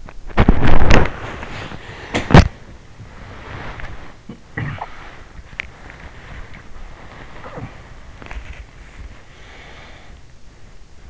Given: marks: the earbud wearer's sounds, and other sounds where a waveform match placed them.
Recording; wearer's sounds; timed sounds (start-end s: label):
sounds in sleep by an in-ear microphone; teeth grinding, breath, body movement, cough or throat clearing or sniffle
0.00-1.08 s: teeth grinding
0.36-2.50 s: breath
1.21-9.38 s: body movement
2.97-4.17 s: breath
4.49-4.84 s: cough or throat clearing or sniffle
5.48-5.71 s: teeth grinding
9.19-11.10 s: breath